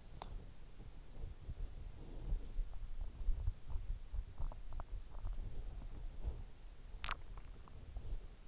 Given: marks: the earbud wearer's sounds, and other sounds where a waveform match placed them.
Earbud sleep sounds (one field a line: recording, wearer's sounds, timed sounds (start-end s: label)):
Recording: sounds in sleep by an in-ear microphone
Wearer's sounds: body movement, swallowing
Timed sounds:
0.00-6.63 s: body movement
6.93-8.37 s: swallowing